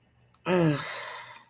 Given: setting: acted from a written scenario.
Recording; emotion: vocal sound without words; shame